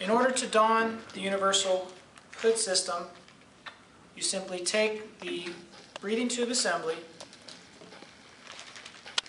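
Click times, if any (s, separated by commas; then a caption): 9.2 s. A powered air respirator's breathing tube assembly is pushed into the connector on the universal hood while someone talks. Soft handling noises follow the speech, and then there is a sharp click at 9.2 s as the tube seats in the hood. The result is a 360-degree connection that keeps the hose assembly from binding during movement.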